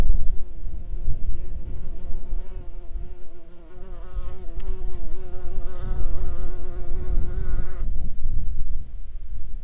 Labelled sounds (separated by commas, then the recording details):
insects
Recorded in the Prudhoe Bay oil fields, Alaska, on 14 July 2019 at 15:45
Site 21